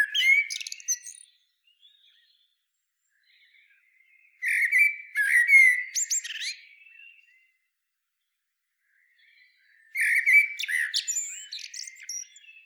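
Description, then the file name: Common blackbird song in three bursts, rich whistled notes that break into high, squeaky chatter, with long quiet pauses between phrases. "Turdus merula"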